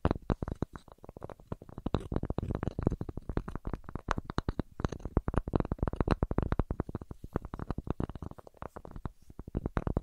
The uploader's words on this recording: ASMR Relaxing Wood Burning Sounds for Sleep (No Talking).